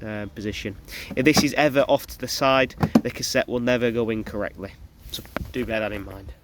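A plastic toilet cassette is handled at its bay in a Swift Sundance 584 motorhome while someone talks throughout, with a few faint knocks under the speech. The cassette is being slid back toward its bay, but nothing has seated or clicked yet.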